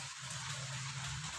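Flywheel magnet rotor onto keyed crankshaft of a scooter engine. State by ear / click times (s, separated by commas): not seated / none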